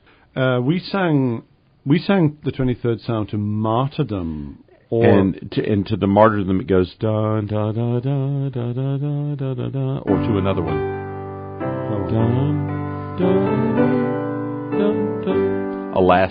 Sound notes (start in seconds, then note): 6.9 hums tune; 10.0 plays tune